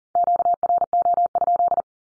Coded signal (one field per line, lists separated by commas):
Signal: Morse code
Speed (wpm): 40 wpm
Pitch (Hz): 700 Hz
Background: none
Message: QRO?